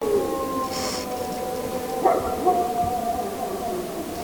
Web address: aania Susi